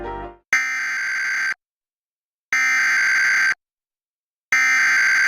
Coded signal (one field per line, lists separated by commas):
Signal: Emergency Alert System (SAME) tones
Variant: header bursts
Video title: Failed Severe Thunderstorm Warning EAS on NJ PBS recorded on the greatest capture card oat (8/8/26)